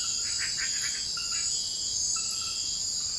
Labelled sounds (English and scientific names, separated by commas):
none